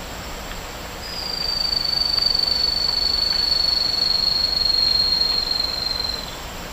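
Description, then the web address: White-chested puffbird song: one long, thin, high whistle held for about five seconds, drifting slowly downward in pitch over a steady background hiss. Song; eastern lowlands of South America. "Natures Songs S America Eastern Lowlands Malacoptila fusca, song"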